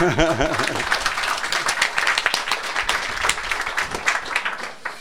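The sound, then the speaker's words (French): A crowd applauds steadily for about five seconds, a dense, crackling patter of many hands at an even loudness, with a brief voice rising over it at the start. “Bravo, je crois que ça s'applaudit.”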